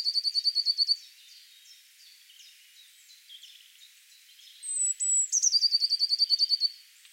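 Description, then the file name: Eurasian blue tit singing: a quick run of bright, high trilled notes, a pause with faint chirps, then a thin high whistle and another fast, even trill. "Cyanistes caeruleus"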